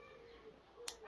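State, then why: Seated. A part on an electric scooter being assembled, a lid or latch, is closed and snaps shut with a sharp click at 0.9 s. A second, softer hit follows at 1.1 s, and the part is seated and confirmed done.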